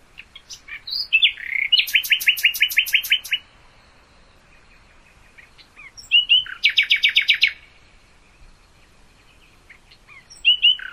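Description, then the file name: Common nightingale singing: two loud phrases of rapid, evenly repeated rattling notes, separated by a pause with short scattered chirps. "nachtigall"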